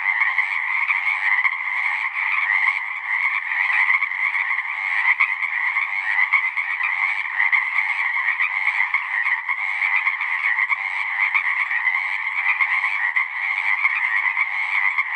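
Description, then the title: Pacific chorus frog: long dense chorus of Pacific chorus frogs, countless overlapping croaks forming an even, pulsing drone that never stops. Full chorus recorded after dusk; males giving the advertisement call, a distinct kree-eeck or ribbit, to attract females. "Chorus Frogs, Full Chorus, post-dusk"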